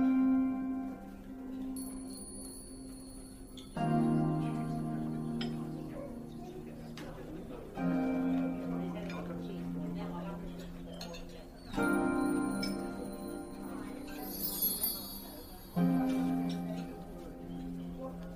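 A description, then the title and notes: A fantasy fairy cafe ambience built on low, sustained tones that swell anew about every four seconds, near 4, 8, 12 and 16 seconds. Soft chatter-like murmur and light chiming, bell-like sparkles run through it, with a bright shimmer around 14–15 seconds. Fantasy fairy cafe asmr ambience.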